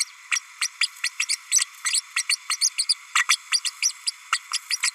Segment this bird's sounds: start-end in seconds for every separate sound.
0.31-0.39, 0.61-0.68, 0.81-0.88, 1.03-1.09, 1.19-1.25, 1.28-1.37, 1.51-1.60, 1.93-2.01, 2.16-2.23, 2.29-2.37, 2.49-2.57, 2.61-2.69, 2.78-2.85, 2.89-2.95, 3.15-3.24, 3.29-3.37, 3.51-3.60, 3.64-3.70, 3.82-3.92, 4.06-4.11, 4.32-4.38, 4.53-4.59, 4.70-4.77, 4.82-4.91